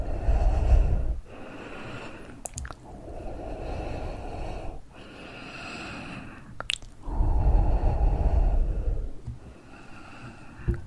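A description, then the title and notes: Heavy blowing rushes right against the microphone in three long, rough, rumbling bursts, near the start, around 3–5 seconds and 7–9 seconds, with quieter hissing lulls between. Sharp clicks or knocks land near 2.5 and 6.7 seconds and at the very end. Blow your ears to relax.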